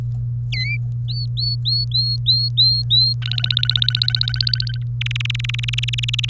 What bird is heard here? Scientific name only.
Serinus canaria